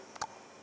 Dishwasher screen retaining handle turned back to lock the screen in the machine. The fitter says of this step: pull it out turn it just turn it back and it snaps back into place and now it's in